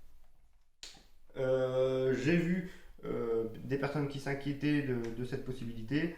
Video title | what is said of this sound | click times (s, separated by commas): Unboxing Oculus Quest 2 et comparaison avec Quest | positions, 3 clics comme celui-ci. | 0.8 s